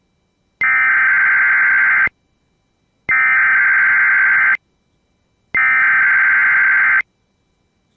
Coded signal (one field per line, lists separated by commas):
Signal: Emergency Alert System (SAME) tones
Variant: header bursts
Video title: The Standard Tests and Others (EAS #104-#115)